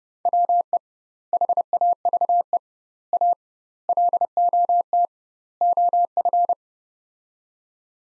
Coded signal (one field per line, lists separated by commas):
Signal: Morse code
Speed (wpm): 30 wpm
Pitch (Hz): 700 Hz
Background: none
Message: WE HAVE A LOT OF